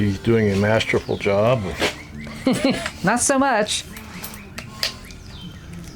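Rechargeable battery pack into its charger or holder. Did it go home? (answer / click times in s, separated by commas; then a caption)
yes / 4.8 s. A rechargeable battery pack is pushed into its charger or holder after a fumbled attempt while someone talks. Soft handling knocks come first, then a sharp click at 4.8 s as the pack seats in place.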